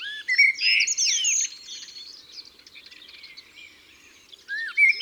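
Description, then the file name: Common blackbird song, a loud fluted warbling phrase that breaks into a high twitter, then pauses before a second phrase begins, with other birds chirping softly throughout. Singing in woods and forests. "Merle noir Chants doiseaux des bois et des forets"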